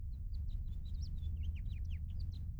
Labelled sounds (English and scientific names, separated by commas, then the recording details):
House Finch (Haemorhous mexicanus) song
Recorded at Hewlett Harbor on Long Island, New York, on 10 June 1975
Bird M